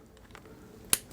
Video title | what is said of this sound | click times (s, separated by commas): Hard Head Veterans Ballistic Helmet Review - Former Green Beret | and then it clicks into place | 0.9 s